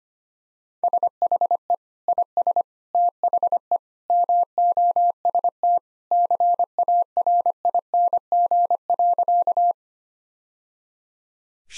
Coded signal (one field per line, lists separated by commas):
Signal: Morse code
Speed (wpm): 25 wpm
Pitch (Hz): 700 Hz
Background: none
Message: SHE IS THE MOST CARING.